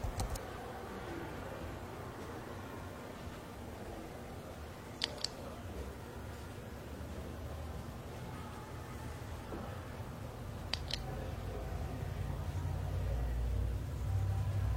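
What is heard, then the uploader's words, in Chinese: Library ambience with a steady low murmur and hum running throughout. Two sharp, bright clicks, each a quick pair, stand out near the five- and eleven-second marks, and a low rumble swells slightly toward the end. 图书馆环境音 打字声 写字翻书。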